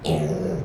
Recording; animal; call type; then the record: contact call of a hoofed animal; pig; closed-mouth grunt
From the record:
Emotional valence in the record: negative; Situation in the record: short social isolation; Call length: 0.65 s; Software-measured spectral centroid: 2110 Hz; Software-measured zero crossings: 1030 a second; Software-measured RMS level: -24 dBFS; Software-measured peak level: -10 dBFS